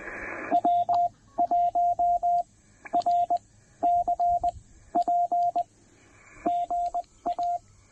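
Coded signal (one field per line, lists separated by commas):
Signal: Morse code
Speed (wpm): 20 wpm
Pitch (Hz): 700 Hz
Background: radio noise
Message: W1RCP GA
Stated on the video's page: Trailside Parks on the Air activation using a TR-45L transceiver and PackTenna random wire antenna.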